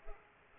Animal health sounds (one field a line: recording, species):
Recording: mosquito wingbeat signal from an infrared sensor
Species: Culex pipiens